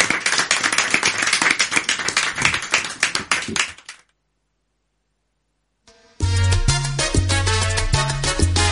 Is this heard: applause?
yes